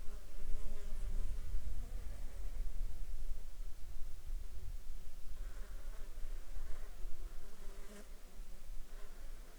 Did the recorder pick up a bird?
no